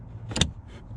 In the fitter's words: Push it in, make sure it clicks.